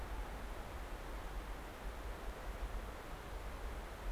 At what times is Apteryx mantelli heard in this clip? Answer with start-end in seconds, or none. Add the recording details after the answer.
none. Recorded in New Zealand on 10 December 2013. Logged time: 02:28. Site DE65